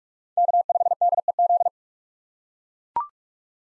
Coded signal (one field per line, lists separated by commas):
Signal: Morse code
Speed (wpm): 43 wpm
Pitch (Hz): 700 Hz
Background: none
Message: K5DEZ